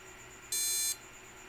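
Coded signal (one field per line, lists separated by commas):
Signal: beep code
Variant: PC motherboard speaker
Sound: a single steady buzzy beep lasting under half a second, then silence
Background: faint room hum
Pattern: 1 long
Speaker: Pakinggan nyo mabuti. Diba isa? Tagal, diba?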